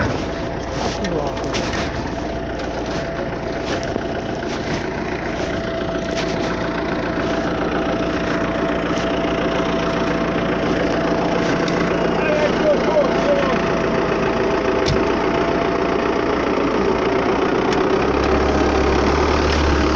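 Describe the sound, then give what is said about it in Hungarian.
A tractor with something wrong with it idles in a steady, rumbling drone, with a thin, sustained high squeal running through it and faint voices underneath. “Nézzek a traktor, hogy csicsorog, hallottad? Valami baja van neki.”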